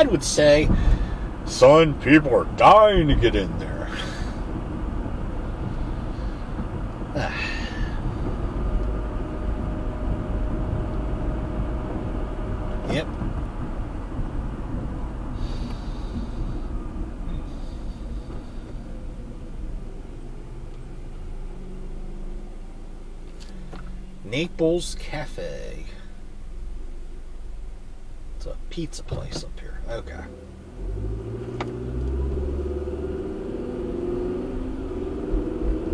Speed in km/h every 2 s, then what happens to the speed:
61, 63, 63, 63, 63, 63, 63, 42, 24, 13, 3, 0, 0, 0, 0, 10, 23, 32.
0-12 steady at about 63. 12-21 brakes to 0. 21-29 standing. 29-36 pulls away to 32.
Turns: none.